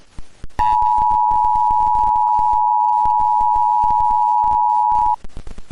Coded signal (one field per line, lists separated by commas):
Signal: Emergency Alert System (SAME) tones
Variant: 853 and 960 Hz attention tone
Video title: SCP-001: When Day Breaks (EAS Mock Scenario)